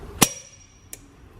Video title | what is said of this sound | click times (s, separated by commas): How to mount & blance a tire | pull down until you hear a click that means it's torqued | 0.2 s